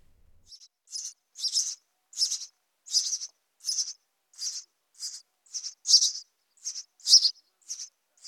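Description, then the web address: House sparrow chirping: a steady series of many short, bright, harsh chirps. "IVN Zangvogels. Huismus"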